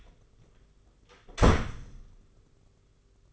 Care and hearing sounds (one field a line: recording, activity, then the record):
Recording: daily activity, microphone in the room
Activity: close door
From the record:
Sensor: 4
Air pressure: 991.2 hPa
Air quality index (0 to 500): 133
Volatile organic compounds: 47 ppm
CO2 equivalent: 3250 ppm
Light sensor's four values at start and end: 15/36/14/16 and 9/22/8/9